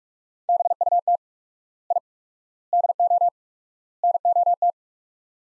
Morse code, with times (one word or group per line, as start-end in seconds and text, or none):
0.5-1.2 BUT
1.9-2.0 I
2.7-3.3 DO
4.0-4.7 NOT